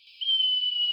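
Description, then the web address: Marmot whistle: one sustained, piercing high whistle held steady to the end. "soundswild hot marmots"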